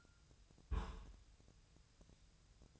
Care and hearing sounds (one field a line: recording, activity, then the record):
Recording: daily activity, microphone in the room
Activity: place on stove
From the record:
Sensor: 2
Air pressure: 999.1 hPa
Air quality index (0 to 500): 199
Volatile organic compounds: 29 ppm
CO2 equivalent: 2937 ppm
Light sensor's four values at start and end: 6/15/6/6 and 6/15/6/6